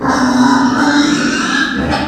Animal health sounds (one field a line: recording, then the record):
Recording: squeal of a Yucatan mini pig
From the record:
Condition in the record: after surgery on the right vocal fold (resection and tissue-engineered implant)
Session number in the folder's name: 7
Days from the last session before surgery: 47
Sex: female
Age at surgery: 19 weeks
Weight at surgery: 25 kg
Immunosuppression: prednisolone